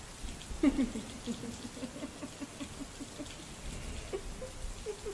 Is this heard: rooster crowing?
no